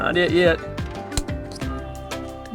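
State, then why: Seated. A privacy curtain track is snapped back into its final position in its mounting bracket, with music and someone talking in the background. A small, sharp click at 1.2 seconds marks the track snapping home, and it is seated.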